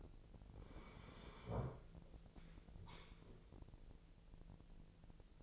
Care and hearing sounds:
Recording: daily activity, microphone in the room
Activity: sit down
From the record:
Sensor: 5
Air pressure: 1002.0 hPa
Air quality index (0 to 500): 246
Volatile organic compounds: 30 ppm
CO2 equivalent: 2958 ppm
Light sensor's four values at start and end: 42/99/41/45 and 42/99/41/45

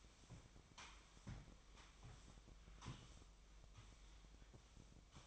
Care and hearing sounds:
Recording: daily activity, microphone in the room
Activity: sweep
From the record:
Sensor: 1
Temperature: 24.7 degrees Celsius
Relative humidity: 39.7%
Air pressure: 1001.6 hPa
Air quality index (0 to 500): 220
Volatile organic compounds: 29 ppm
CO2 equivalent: 2933 ppm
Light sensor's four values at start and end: 8/30/10/12 and 8/29/10/11

